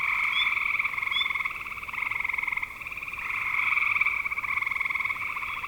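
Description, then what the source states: Chorus of frogs giving fast pulsed trills that run together, with a few short high chirps early on. Frogs recorded in spring 2025.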